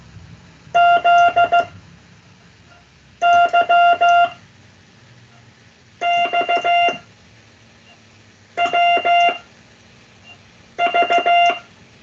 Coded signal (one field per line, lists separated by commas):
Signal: Morse code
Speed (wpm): 15 wpm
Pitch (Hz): 700 Hz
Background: none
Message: Z Y X W V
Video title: The fith COOL CW Practice aired on the 26th September 2024